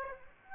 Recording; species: mosquito wingbeat signal from an infrared sensor; Aedes aegypti